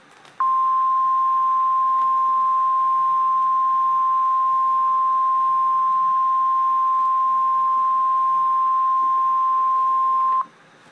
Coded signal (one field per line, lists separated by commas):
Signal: Emergency Alert System (SAME) tones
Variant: 1050 Hz attention tone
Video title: REAL EAS 621-Severe thunderstorm warning